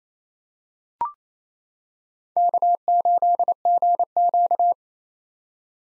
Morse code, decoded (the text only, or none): K8GQ